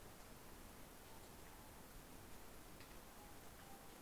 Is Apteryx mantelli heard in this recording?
no